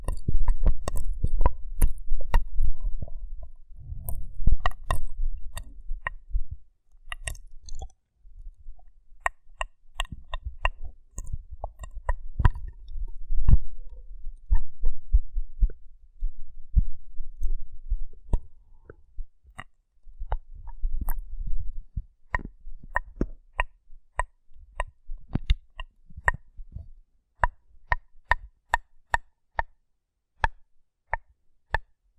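Rough brain cleaning and picking: sharp wet clicks, snaps and scrapes come in quick irregular bursts, with low thuds and a dull rumble under the first twenty seconds. Later the sounds thin into sparse, crisp ticks separated by short silences.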